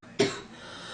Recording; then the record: coughing mixed with background sound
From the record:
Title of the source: female coughing - coughing sound effects girl